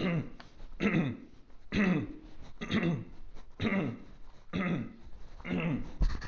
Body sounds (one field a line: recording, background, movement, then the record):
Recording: throat clearing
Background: quiet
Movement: walking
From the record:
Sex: male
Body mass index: 22.0 kg/m2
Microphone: on the chest, facing outward